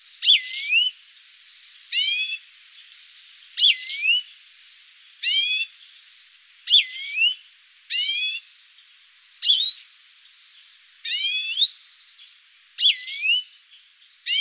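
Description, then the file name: European greenfinch calls: short rising and falling notes with buzzy harmonics, given in pairs and singles about every one and a half seconds, high-pitched against a quiet background. "Chloris chloris"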